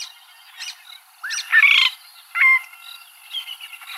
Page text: Fork Tailed Drongo sur MELOBOOM